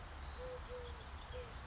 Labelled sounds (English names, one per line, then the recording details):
Eurasian Collared Dove
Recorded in Sonoma County, California